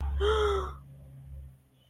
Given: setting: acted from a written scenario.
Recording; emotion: vocal sound without words; elation